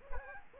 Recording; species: mosquito wingbeat signal from an infrared sensor; Aedes aegypti